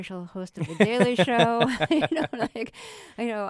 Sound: laughter

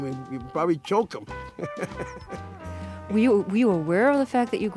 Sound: laughter

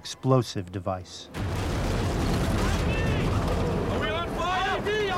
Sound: soundbite of explosion

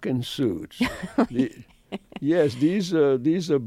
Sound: laughter

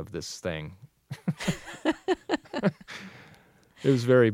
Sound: soundbite of laughter

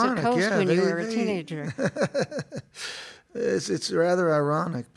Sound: laughter

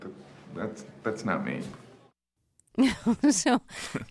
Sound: laughter

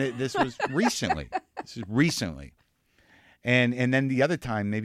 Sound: laughter

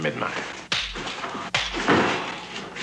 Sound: soundbite of two slaps

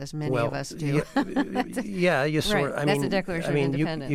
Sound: laughter

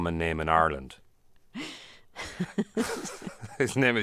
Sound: laughter

